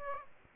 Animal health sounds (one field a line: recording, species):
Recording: mosquito wingbeat signal from an infrared sensor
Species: Aedes aegypti